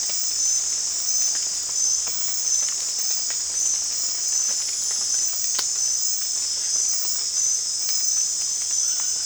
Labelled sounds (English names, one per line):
none